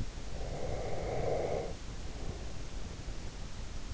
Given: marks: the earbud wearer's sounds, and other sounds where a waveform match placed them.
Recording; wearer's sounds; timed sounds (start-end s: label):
sounds in sleep by an in-ear microphone; breath
0.31-3.18 s: breath